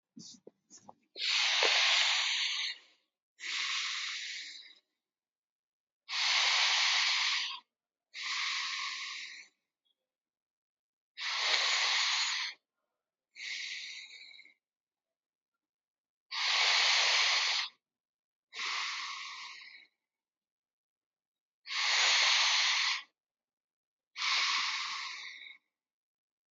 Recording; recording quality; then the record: deep breathing; excellent, no background noise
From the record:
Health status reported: exposed to COVID-19, no respiratory illness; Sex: male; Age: 26 years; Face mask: not worn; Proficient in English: yes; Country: India